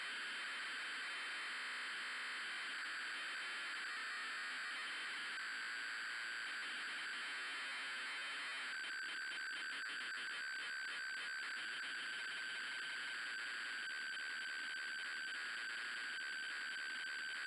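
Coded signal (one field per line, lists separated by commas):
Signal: ZX Spectrum tape loading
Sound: harsh buzzing, screeching data noise with a steady whine, growing rougher midway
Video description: The noise you hear is actually the cassette tape communicating its code into the Spectrum.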